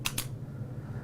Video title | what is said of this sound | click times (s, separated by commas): How to use inhalers | inhalation we will press the button in the back and we're going to press it down until we hear a click | 0.1 s